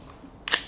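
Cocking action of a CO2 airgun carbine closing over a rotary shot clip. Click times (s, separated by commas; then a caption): 0.5 s. After a five-shot rotary clip is pressed into place, the cocking action of an Umarex RP5 CO2 airgun carbine is pushed forward over the clip. Two sharp clicks land close together at about 0.5 s as the action clicks home, and the carbine is ready to fire.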